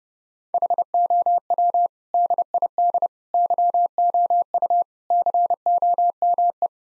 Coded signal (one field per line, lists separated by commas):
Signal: Morse code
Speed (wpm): 30 wpm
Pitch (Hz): 700 Hz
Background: none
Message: HOW DID YOU COME